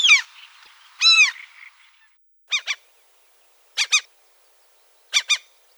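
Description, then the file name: Common gull giving harmonic, arched mewing cries: two longer drawn calls, then three quick paired yelps spaced about 1.3 seconds apart. "Larus canus"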